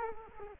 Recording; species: mosquito wingbeat signal from an infrared sensor; Culex quinquefasciatus